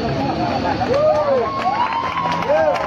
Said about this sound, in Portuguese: E agora, o aplauso da rapa.